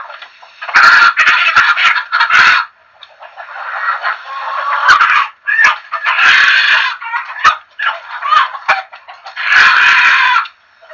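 Chickens squawking in long loud bursts separated by quieter clucking and flock chatter.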